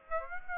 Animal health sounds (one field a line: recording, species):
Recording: mosquito wingbeat signal from an infrared sensor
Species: Aedes aegypti